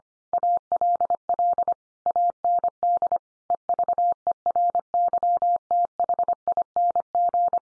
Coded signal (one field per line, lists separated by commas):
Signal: Morse code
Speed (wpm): 25 wpm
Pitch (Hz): 700 Hz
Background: none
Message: ALL AND EVERYTHING